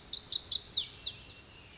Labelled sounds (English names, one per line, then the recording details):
Pacific Wren
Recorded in Sonoma County, California